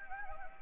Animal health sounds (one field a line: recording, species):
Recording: mosquito wingbeat signal from an infrared sensor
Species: Anopheles gambiae